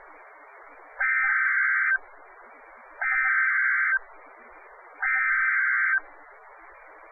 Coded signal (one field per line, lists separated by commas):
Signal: Emergency Alert System (SAME) tones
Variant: header bursts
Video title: Hurricane Sandy alerts - October 24, 2012 (EAS #649-653)